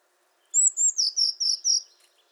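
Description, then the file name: Eurasian blue tit: a single brisk phrase of two thin high notes, then a steady run of four lower, clipped notes. "Cyanistes caeruleus"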